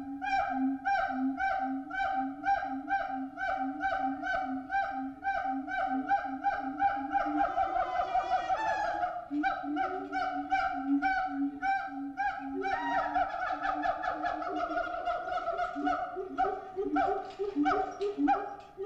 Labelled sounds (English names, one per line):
Siamang